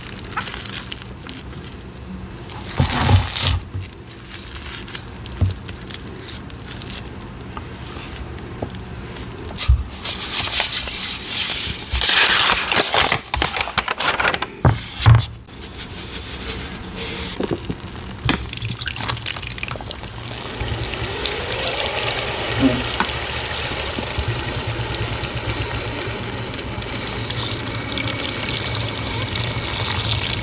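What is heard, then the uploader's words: Citric acid sizzles and fizzes, with scattered crunchy taps and handling noises early, then a steadier dense hiss after twenty seconds. Making Citric Acid Dyed Chalk & Cornstarch Crunchies.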